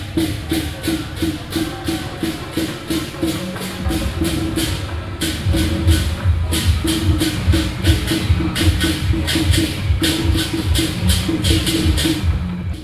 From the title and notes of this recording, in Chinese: 廟會咚咚隆咚鏘。來感受一下南臺灣熱熱鬧鬧氣氛～。